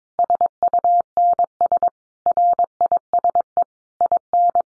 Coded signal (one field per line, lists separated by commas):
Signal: Morse code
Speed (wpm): 22 wpm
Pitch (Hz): 700 Hz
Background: none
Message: SUNS RISE IN